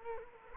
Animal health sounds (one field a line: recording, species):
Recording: mosquito wingbeat signal from an infrared sensor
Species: Culex quinquefasciatus